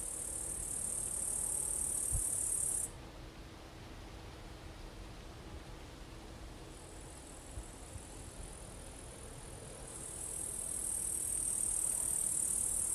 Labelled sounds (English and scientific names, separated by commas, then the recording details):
Upland Green Bush-cricket (Tettigonia cantans) stridulation
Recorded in the wild
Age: imago
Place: Strausberg, Annatal, Brandenburg, DE
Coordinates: 52.5169, 13.8453
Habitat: edge of a forest
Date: 1989-09-17 14:43
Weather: 25 °C
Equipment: Riporter 6 RG-K, Sennheiser MKH 416 T, Halbspur
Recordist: Frommolt, Karl-Heinz
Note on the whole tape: Gesang im Baum in ca. 5 m Höhe, wahrscheinlich in der Sonne